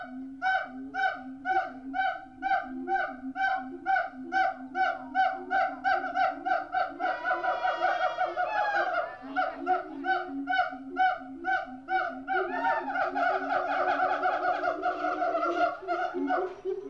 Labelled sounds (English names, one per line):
Siamang